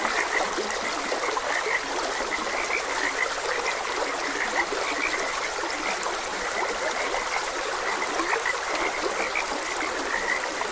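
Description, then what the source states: Chorus of frogs giving brief, bubbly croaks at an irregular but constant pace, layered on a continuous hiss of running water. Frogs croaking beside a gentle stream; continuous nature ambience.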